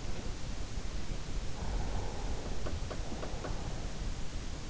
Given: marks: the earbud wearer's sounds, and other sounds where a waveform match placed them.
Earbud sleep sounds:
sounds in sleep by an in-ear microphone; breath
1.17-4.03 s: breath

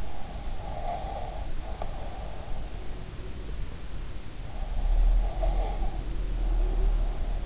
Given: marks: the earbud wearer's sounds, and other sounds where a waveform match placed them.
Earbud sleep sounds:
sounds in sleep by an in-ear microphone; breath
0.16-2.68 s: breath
4.82-7.46 s: breath

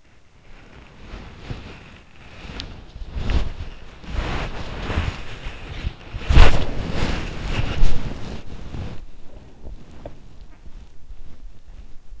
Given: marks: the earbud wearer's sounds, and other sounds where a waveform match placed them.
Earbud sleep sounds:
sounds in sleep by an in-ear microphone; body movement
0.00-12.20 s: body movement

